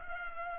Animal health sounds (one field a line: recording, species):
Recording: mosquito wingbeat signal from an infrared sensor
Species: Culex pipiens